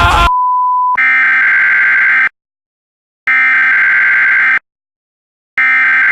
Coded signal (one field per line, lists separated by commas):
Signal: Emergency Alert System (SAME) tones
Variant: header bursts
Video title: Yeet: Please Use Code Lazar - An EAS Scenario (Full Version)